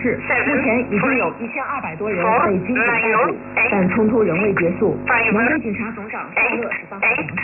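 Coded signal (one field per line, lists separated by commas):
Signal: numbers station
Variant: E11 Oblique, English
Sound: a voice reading words in bursts with brief pauses over a narrow, shortwave-toned channel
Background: radio static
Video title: 14 07 2021 Number station E11 Oblique in English to Eu 0646 on 15800 unknown tx site in USB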